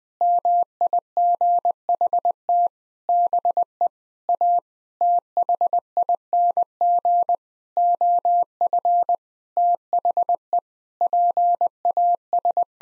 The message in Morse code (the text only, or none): MIGHT BE A THING OF THE PAS